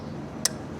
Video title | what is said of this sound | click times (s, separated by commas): How to Replace & Reprogram a Throttle Body - 2007 Lincoln Mark LT Repair | Listen for the click right there. | 0.5 s